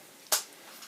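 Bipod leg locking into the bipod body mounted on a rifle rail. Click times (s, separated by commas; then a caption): 0.3 s. A metal leg of a UTG bipod, mounted on a rifle rail, is flipped forward and snaps into its locked position with a single sharp click at 0.3 s. The leg locks in place in the bipod body, and the rest of the clip is quiet.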